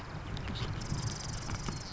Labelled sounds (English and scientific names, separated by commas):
Marsh Wren (Cistothorus palustris)